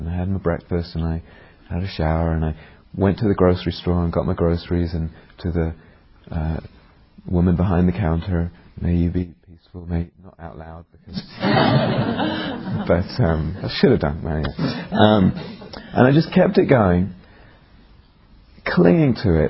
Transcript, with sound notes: I had my breakfast and I had a shower, and I went to the grocery store and got my groceries, and to the woman behind the counter, "May you be peaceful," not out loud... [laughter] I should have done. But anyway. I just kept it going, clinging to it.